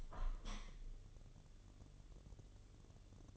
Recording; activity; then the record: daily activity, microphone in the room; open window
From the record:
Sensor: 4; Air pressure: 1015.8 hPa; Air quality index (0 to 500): 124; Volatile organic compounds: 3 ppm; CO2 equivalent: 1397 ppm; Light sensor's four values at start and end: 9/20/8/7 and 9/20/8/7